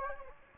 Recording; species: mosquito wingbeat signal from an infrared sensor; Anopheles gambiae